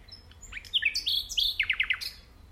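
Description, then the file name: Common nightingale singing a varied phrase of high whistles and slurred notes, ending with a short burst of rapid descending chips. "Luscinia megarhynchos"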